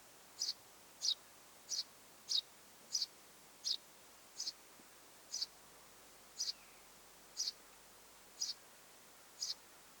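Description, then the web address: Eurasian tree sparrow chirps: quiet, high single chirps repeated at an uneven pace of roughly one or two per second. Mother with nestlings in the nest; recorded 25 July 2026. "25 7 2026 pikkuvarpusemo ja poikaset pesassa"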